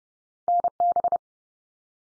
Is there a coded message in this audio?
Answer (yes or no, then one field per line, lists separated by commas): yes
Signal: Morse code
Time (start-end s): 0.5-1.2 s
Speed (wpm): 30 wpm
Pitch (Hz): 700 Hz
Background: none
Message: NB